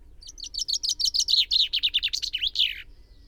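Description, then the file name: Common chaffinch song: a fast run of bright, repeated notes falling in pitch, ending in a sharp flourish, about two and a half seconds long. "Fringilla coelebs"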